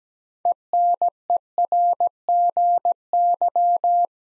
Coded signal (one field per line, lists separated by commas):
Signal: Morse code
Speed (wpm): 17 wpm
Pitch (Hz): 700 Hz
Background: none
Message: ENERGY